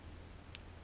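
A plastic propeller guard is slid back onto the motor arm of a small Ryze DJI Tello toy drone. Over a low steady hum, a single short, bright click is heard at 0.6 s as the guard clicks into place and is seated.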